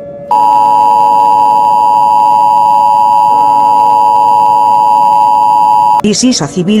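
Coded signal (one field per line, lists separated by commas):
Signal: Emergency Alert System (SAME) tones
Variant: 853 and 960 Hz attention tone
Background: speech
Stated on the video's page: Fictional EAS scenario, a remake of another creator's scenario.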